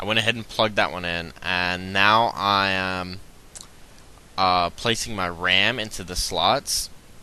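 A RAM module is placed into a motherboard DIMM memory slot while someone talks. Only handling is heard, and nothing has seated or clicked yet.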